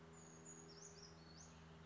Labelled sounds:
Brown Creeper (Certhia americana)
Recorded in Sonoma County, California

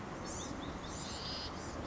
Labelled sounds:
Blue-gray Gnatcatcher (Polioptila caerulea)
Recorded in Sonoma County, California

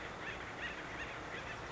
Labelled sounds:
Acorn Woodpecker (Melanerpes formicivorus)
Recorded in Sonoma County, California

